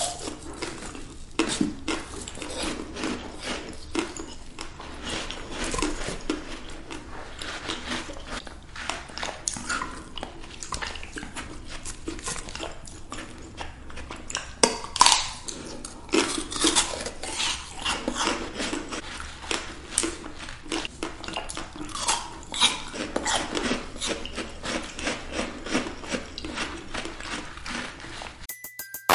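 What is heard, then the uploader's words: Someone eats gummies, candies and cake, with moist chewing sounds running almost without pause for the whole half minute. The chewing is dense and fairly regular, with sharper, brighter squelches and clicks near 15 seconds and scattered throughout, and the clip ends abruptly. Eating gummies and candies and cakes, chewing sounds.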